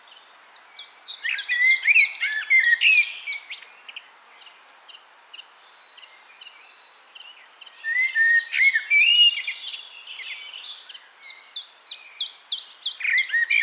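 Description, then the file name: Common blackbird: songbird phrases of fast high squeaky twitters with short low whistles, given in two long bursts separated by a quiet stretch, with faint background noise. "Turdus merula"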